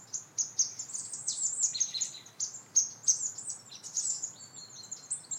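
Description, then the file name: Marsh tit calls: a busy stream of high, thin notes, many sharply descending, overlapping one another almost without pause over a faint low hiss. "Poecile palustris"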